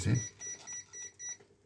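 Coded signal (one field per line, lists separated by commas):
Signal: none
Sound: device beeps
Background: speech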